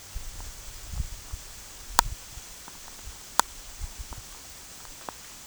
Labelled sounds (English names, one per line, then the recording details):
none
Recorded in secondary vegetation near Puerto Asís, Putumayo, Colombia, on 27 June 2025
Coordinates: 0.488, -76.319
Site G094